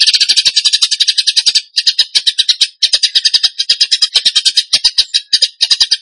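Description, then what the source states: Bird song: a fast, dense chattering trill of high buzzy notes, broken by short pauses into bursts, continuing with little change in pitch. Bird song in the tembakan gacor style, used as masteran (training for other birds).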